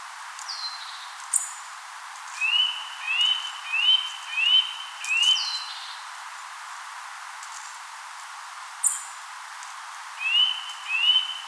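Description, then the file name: Eurasian nuthatch giving clear, rising whistled notes in a series of five, each under a second apart. A pause follows, then two more, with a few thin, high calls scattered between. "Sitta europaea"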